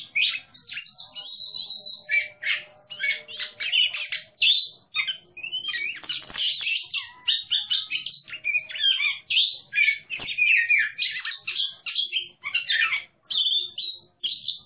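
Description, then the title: Oriental magpie-robin song, a continuous rich stream of varied whistles, chirps and rapid warbled phrases with barely a pause, loud and lively throughout. Competition singing bird, national champion, singing actively in the clear ngeplong song style. "burung berkicau Kacer Ngeplong gacor Juara Nasional. burung Kacer"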